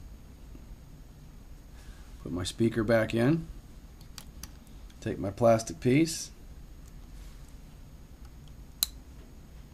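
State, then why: Seated. During reassembly of a W290 mobile phone, after the speaker is put back in, a plastic internal piece is pressed back into the phone housing while someone talks. A few faint handling clicks come around 4.0–4.9 s, then the piece snaps in with a single sharp, loud click at 8.8 s and is seated.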